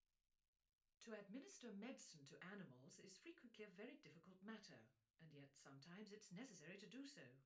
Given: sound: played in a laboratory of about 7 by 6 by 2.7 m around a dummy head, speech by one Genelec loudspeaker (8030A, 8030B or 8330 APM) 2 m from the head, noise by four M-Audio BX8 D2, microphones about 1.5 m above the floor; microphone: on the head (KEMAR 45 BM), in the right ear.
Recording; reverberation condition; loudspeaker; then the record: female speech in English; low; behind (180 degrees)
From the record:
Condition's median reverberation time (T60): about 310 ms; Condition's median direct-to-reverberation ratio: about 3.5 dB